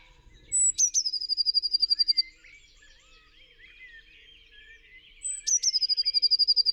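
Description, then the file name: Eurasian blue tit giving a high, thin, rapidly pulsed trill, repeated twice with a quiet gap. "Cyanistes caeruleus"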